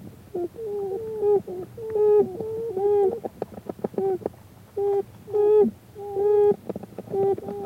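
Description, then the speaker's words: American beaver young giving plaintive moans: level, nasal tones, some dropping at the end, with soft clicks between them. Young beavers moaning plaintively, usually heard at night from inside the dome-like den. "It is the plaintive moaning of the young, which is usually heard at night, coming from inside the beaver's dome-like den."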